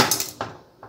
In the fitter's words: and it will snap in place